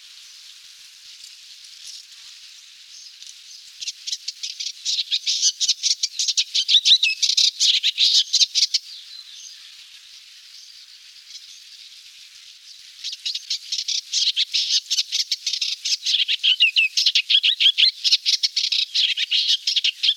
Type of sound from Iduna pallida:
song